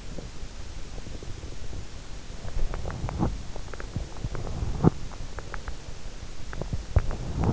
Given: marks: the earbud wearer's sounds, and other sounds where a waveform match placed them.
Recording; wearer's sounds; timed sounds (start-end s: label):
sounds in sleep by an in-ear microphone; teeth grinding
2.91-3.43 s: teeth grinding
4.12-5.14 s: teeth grinding
6.40-7.53 s: teeth grinding